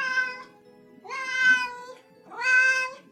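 Cats up on the gutters meowing in three long, wailing cries, each rising and falling in pitch with a strained, mournful tone and brief pauses between them, with no voices present.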